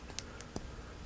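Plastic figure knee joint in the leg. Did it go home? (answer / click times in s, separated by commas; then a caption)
yes / 0.2 s, 0.4 s, 0.6 s. The plastic ratcheting knee joint in the leg of a McFarlane Stranger Things Upside Down Will action figure, a Wal-Mart exclusive, is bent inward. It gives small, sharp clicks at 0.2, 0.4 and 0.6 seconds as it steps into position. The knee joint clicks into place and is seated.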